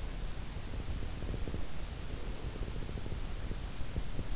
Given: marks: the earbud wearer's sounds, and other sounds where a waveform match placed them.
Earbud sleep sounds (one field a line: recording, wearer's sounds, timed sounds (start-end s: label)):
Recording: sounds in sleep by an in-ear microphone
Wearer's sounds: breath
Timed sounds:
0.65-3.26 s: breath